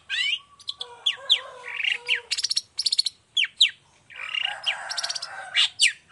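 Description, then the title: Long-tailed shrike song, dense and varied, mixing sweeping whistles, buzzy rattles and chattering runs. Long-tailed shrike in full song during the morning, with a varied repertoire including 'toet toet' notes and a clear voice. "Cendet Gacor Dor Di Kala Pagi Toet Toet Variasi Suara. Cendet Gacor Suara Jernih Full Variasi"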